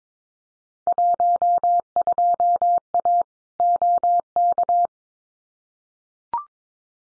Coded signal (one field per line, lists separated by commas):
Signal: Morse code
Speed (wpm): 22 wpm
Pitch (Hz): 700 Hz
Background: none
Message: 12A OK